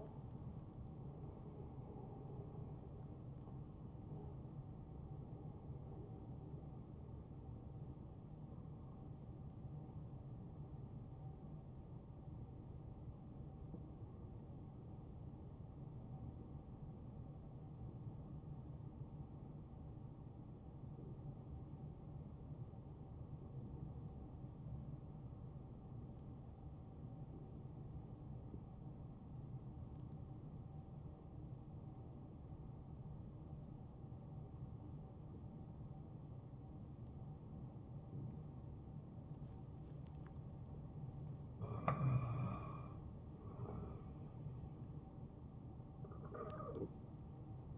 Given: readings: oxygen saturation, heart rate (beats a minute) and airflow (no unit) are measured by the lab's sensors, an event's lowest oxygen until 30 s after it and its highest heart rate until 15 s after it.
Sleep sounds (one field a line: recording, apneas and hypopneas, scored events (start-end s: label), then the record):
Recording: breathing in sleep by a smartphone at the bedside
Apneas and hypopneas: 1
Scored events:
12.00-39.90 s: hypopnea (N1, oxygen 96% highest, then 88% lowest, heart rate 68 at the start, 73 highest)
From the record:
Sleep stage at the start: N1 (lightest sleep)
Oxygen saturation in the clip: 88 to 96%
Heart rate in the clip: 66 to 81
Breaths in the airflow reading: 7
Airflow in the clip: -6.0 to 7.6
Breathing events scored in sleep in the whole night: 263 in 5.5 hours asleep